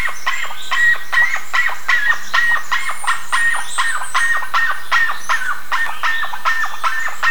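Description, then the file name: Bird calls, a fast continuous series of harsh, clipped notes. "SABIOD 50 bird 2015"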